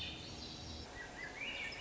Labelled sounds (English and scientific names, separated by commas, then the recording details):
Swainson's Thrush (Catharus ustulatus)
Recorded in Sonoma County, California